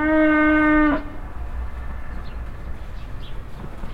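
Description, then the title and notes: Cow mooing: the end of one loud, steady, deep moo in the first second, followed by low rumble and faint bird chirps. Farmstead beside a willow at Heiderscheid; one cow moos constantly and loudly behind a bush; passing cars and chirping birds. "Heiderscheid - farmstead cow. At a farmstead nearby a willow. A constantly loud mooing cow and moves behind a bush. Other cows answer more silently"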